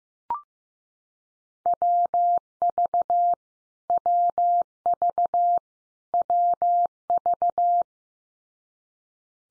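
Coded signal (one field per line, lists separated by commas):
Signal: Morse code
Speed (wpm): 15 wpm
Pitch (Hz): 700 Hz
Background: none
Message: WV WV WV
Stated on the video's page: 15 wpm head-copy drill of US state names, each sent three times, spoken, then sent again.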